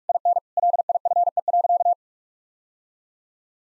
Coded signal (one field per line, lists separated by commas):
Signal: Morse code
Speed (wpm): 41 wpm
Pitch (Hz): 700 Hz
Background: none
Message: IN LIFE.